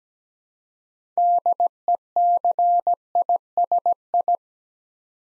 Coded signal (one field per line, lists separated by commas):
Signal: Morse code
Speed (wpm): 17 wpm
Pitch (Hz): 700 Hz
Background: none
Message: DECISI